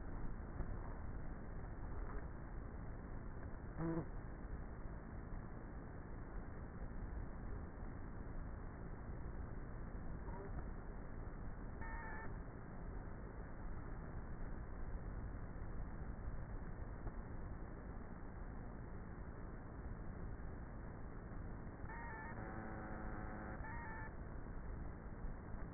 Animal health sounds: honeybee colony, microphone inside the hive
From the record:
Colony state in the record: queenless with a low population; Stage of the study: before two queens were removed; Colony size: about 30,000 bees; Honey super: no

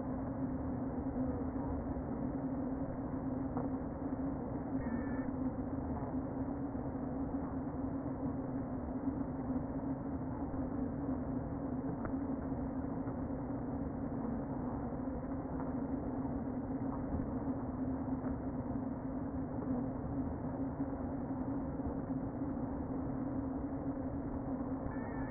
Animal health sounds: honeybee colony, microphone inside the hive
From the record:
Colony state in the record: queen present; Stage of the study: before two queens were removed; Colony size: about 60,000 bees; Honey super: yes

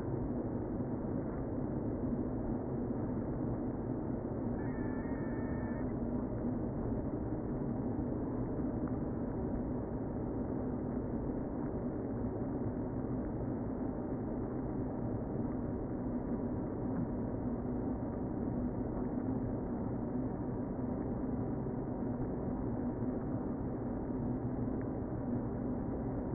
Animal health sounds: honeybee colony, microphone inside the hive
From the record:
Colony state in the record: queen present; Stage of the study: before two queens were removed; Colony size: about 60,000 bees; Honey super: yes

